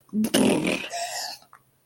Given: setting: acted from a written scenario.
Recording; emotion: vocal sound without words; disgust